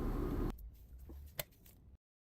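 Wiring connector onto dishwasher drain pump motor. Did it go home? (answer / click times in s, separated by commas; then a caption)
yes / 1.4 s. A wiring-harness connector is plugged back onto the motor of a new drain pump, just turned into its housing on a Maytag dishwasher that was not draining with an F9 E1 error. A loud broadband stretch fades at about 0.5 s into quiet handling noise, then a single sharp click at 1.4 s marks the connector seating on the pump motor.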